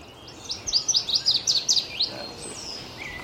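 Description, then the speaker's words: Northern Waterthrush singing: a loud, rapid series of sharp, ringing chirps that step downward in pitch. Singing from nearby bushes during a spring dawn chorus in a marsh, 23 May 2014; loud chirping song descending in pitch; bird moved closer while singing. "I'm hearing a northern water thrush singing in the bushes right there. That loud chirping sound, descending in pitch. That's closer now."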